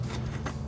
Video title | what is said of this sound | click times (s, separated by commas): 2009-2018 RAM 1500 OEM Style Steel Rear Bumper Review & Install | Il s'enclenche. Maintenant, c'est tenu. | 0.5 s